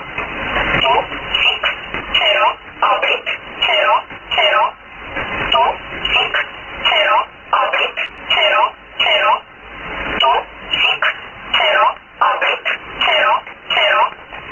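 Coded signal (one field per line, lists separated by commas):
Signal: numbers station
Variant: E11 Oblique, English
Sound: a voice reading short, evenly spaced single words, about one per second, on shortwave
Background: radio static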